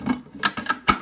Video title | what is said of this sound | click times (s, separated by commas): Cooks Essentials Primo Pasta Maker Test | feed it in it snaps into place okay now all these plastic pieces are dishwasher safe | 0.9 s